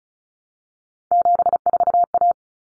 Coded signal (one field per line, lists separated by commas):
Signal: Morse code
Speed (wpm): 34 wpm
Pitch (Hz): 700 Hz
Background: none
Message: 74A